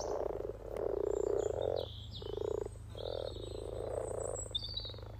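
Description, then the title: Frogs croak in rolling purring bursts separated by short pauses, with birds chirping above and a constant low hum. Chorus of about 20 frogs in sunny garden pond, some floating, some on fresh spawn, welcoming arriving females; Freshfield, Formby, Merseyside, UK; sunny St Patrick's day lunchtime, 17 March 2023, spring. "Frog Chorus Spring sounds first Lunch outside St Patrick’s day 17 March 2023 . Freshfield, Formby"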